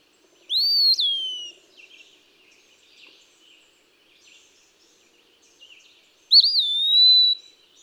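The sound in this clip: Eastern wood-pewee whistles a slurred phrase that rises and drops away, then some six seconds later a wavering, sustained whistle; quiet bird chirps fill the gap.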